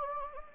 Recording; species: mosquito wingbeat signal from an infrared sensor; Anopheles gambiae